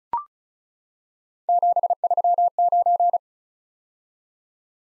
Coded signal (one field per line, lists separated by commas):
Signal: Morse code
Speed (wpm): 36 wpm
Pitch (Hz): 700 Hz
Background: none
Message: 739